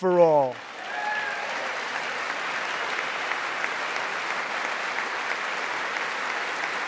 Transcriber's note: applause